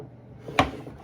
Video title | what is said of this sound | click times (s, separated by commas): #notalegovideo Looking at ARTFX Ahsoka Tano | you get it lined up correctly it fits kind of snaps into place | 0.6 s